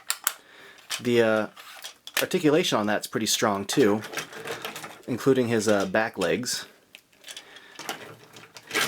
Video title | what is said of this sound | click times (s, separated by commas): R2-D2 Deluxe Sideshow Collectibles exclusive sixth scale figure review | It just sort of locks into place, and then you can push past that lock and click it back in. | 0.1 s, 0.3 s